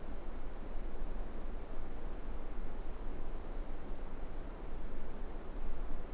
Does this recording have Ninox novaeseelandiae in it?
no